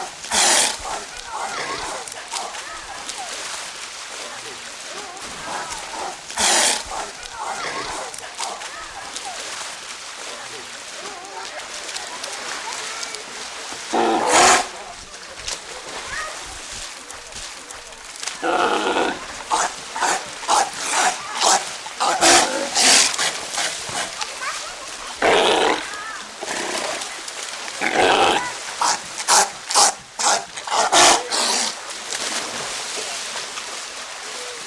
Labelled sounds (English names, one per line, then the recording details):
South American Sea Lion call
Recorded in captivity
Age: adult
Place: Tiergarten Schönbrunn, Wien, AT
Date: 1999-11-10 16:40
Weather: overcast, ca. 5°C
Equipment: Sony WM-D6C, Sennheiser ME 80, Kopie Uher 4000 Report Monitor
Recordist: Tembrock, Günter
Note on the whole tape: Diverse Laute bei Fütterung, (abweichende Zeitansage 15.40 Uhr)